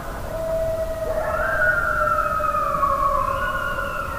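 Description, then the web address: Coyote howling: sustained, drawn-out wails overlapping at different pitches, one line climbing higher late on, over a low rumble. Howl, recorded on 26 July 2009. "Coyote 2009 07 26 howl"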